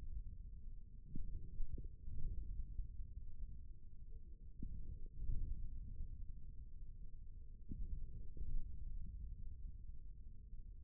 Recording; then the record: forearm muscle sounds (acoustic myography)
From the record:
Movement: forearm pronation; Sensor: system 1, eight BSWA MPA416 microphones around the upper forearm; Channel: 1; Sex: male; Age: 41 years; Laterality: right